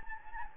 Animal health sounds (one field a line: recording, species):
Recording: mosquito wingbeat signal from an infrared sensor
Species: Anopheles gambiae